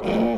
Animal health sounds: pig call; piglet (1 to 25 days)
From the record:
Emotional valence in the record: negative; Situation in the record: crushing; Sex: female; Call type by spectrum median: low-frequency call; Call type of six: low-frequency tonal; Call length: 0.39 s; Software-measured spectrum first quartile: 240 Hz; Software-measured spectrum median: 404 Hz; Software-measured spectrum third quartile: 701 Hz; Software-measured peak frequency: 217 Hz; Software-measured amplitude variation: 82 dB a second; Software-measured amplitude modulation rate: 23.4 a second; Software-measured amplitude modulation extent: 3.5 dB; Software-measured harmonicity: 1.8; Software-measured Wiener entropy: -0.70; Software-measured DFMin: 1113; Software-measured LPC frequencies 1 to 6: 514, 2362, 3118, 3812, 5306, 6822 Hz

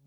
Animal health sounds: pig call; piglet (1 to 25 days)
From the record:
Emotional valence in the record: positive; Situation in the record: reunion after long isolation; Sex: male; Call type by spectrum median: low-frequency call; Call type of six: low-frequency stable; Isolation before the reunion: 8 minutes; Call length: 0.07 s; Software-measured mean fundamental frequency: 35 Hz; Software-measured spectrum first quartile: 144 Hz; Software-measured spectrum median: 270 Hz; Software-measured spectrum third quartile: 3255 Hz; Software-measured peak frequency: 140 Hz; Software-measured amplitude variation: 32 dB a second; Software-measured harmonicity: 19.8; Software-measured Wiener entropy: -5.18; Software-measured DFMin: 907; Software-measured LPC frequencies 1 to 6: 2221, 3635, 4252, 5469, 5942, 6816 Hz

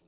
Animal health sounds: pig call; piglet (1 to 25 days)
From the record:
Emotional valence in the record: positive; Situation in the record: short reunion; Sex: female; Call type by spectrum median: low-frequency call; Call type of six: low-frequency tonal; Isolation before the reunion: 3 minutes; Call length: 0.08 s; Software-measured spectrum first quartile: 284 Hz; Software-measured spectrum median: 736 Hz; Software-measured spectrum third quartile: 4601 Hz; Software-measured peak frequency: 164 Hz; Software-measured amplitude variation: 25 dB a second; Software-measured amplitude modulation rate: 12.5 a second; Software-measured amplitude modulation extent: 2.0 dB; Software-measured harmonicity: 1.5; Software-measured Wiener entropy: -2.58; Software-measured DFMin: 1154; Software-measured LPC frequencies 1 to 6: 408, 2582, 3864, 4770, 7179, 8632 Hz

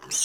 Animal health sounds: pig call; weaner (32 to 43 days)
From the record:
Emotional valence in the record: negative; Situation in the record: restrain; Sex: male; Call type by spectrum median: high-frequency call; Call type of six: high-frequency stable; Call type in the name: high-frequency stable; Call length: 0.26 s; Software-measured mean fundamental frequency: 227 Hz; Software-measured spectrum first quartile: 5441 Hz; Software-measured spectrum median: 6476 Hz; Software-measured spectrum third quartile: 8021 Hz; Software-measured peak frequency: 5667 Hz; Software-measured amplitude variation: 151 dB a second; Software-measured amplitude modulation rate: 13.7 a second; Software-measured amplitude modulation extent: 11.0 dB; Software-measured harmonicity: 3.6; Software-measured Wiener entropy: -2.42

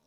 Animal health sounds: pig call; piglet (1 to 25 days)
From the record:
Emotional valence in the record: positive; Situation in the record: short reunion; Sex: female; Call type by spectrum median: low-frequency call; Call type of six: low-frequency tonal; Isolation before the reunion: 3 minutes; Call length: 0.07 s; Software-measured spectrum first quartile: 420 Hz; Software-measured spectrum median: 2125 Hz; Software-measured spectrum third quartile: 7907 Hz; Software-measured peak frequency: 241 Hz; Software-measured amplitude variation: 19 dB a second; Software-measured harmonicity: 3.2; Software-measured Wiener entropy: -1.88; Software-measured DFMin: 814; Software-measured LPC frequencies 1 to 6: 605, 2524, 3956, 5641, 6315, 7366 Hz

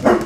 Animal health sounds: pig call; growing-finishing pig (85 days or more)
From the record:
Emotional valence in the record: positive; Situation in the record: run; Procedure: transit

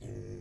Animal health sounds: pig call; weaner (32 to 43 days)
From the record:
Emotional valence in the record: negative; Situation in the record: negative conditioning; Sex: female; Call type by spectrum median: low-frequency call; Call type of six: low-frequency stable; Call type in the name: low-frequency stable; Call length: 0.41 s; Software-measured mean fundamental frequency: 53 Hz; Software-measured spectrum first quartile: 106 Hz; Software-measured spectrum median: 226 Hz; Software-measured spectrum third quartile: 458 Hz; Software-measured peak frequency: 108 Hz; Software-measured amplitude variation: 124 dB a second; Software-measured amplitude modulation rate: 29.6 a second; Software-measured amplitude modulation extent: 4.2 dB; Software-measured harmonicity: 0.8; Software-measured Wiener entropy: 0.13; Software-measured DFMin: 935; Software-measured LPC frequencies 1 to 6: 400, 1824, 2361, 3372, 4381, 5544 Hz

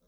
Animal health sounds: pig call; piglet (1 to 25 days)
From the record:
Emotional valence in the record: positive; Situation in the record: short reunion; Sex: female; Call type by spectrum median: low-frequency call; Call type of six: low-frequency tonal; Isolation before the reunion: 3 minutes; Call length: 0.08 s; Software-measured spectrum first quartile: 277 Hz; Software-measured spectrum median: 1067 Hz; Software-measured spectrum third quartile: 10709 Hz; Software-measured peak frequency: 51 Hz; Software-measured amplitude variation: 45 dB a second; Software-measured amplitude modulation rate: 12.5 a second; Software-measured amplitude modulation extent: 3.6 dB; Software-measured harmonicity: 8.0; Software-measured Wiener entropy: -3.27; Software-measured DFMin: 628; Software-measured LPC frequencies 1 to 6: 490, 1278, 3731, 5566, 6430, 8005 Hz

